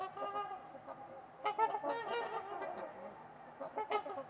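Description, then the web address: Trumpeter swans calling in a dense, overlapping chorus of nasal honks, with a few stronger bursts standing out. Trumpeter swans on a winter's eve at Winters Lake in a deep valley. "Trumpeter Swans on a Winter's Eve. Winters-Lake-with-Swan. Wind Is the Original Radio"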